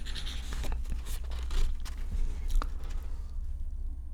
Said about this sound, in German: Und er riss den Umschlag auf, faltete das Papier auseinander und las vor.